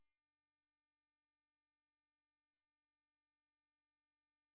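The back gimbal ribbon cable connector of a DJI Air 3 drone is pressed by hand toward its board socket while the back plate is refitted during a gimbal-error parts replacement. The clip is mostly quiet with a steady tonal hum, and a faint, brief soft handling sound comes at about 2.6 seconds. Nothing has seated or clicked yet.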